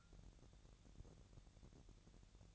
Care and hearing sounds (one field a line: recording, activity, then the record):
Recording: daily activity, microphone in the room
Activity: take from stove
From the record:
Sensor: 3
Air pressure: 1012.0 hPa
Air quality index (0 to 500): 204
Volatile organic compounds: 3 ppm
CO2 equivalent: 1525 ppm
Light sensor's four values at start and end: 109/258/106/94 and 109/258/106/94